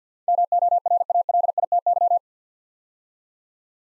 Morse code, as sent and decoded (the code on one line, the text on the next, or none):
-- --- .-. .- .-.. .. - -.--
MORALITY